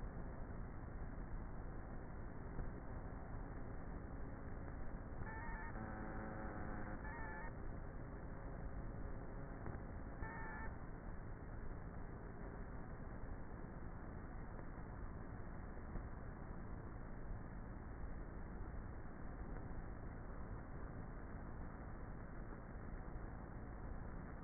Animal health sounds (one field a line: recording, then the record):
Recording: honeybee colony, microphone inside the hive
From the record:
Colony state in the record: queenless with a low population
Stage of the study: before two queens were removed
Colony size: about 30,000 bees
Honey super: no